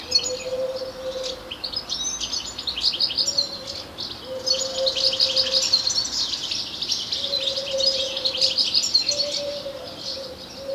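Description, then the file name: European goldfinch giving a continuous run of bright, liquid twittering and chirping notes with brief pauses, over an intermittent low droning tone. "Carduelis carduelis"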